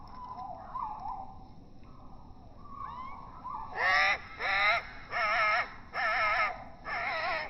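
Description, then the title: Great tit begging calls: faint soft chirps at first, then five loud, drawn-out, wavering harmonic cries in quick succession. Juvenile, slowed down four times; begging for food with trembling wings while perched on the backrest of a deck chair; able to feed itself but prefers being fed; offered soaked dried mealworms. "Junge Kohlmeise bettelt melodramatisch"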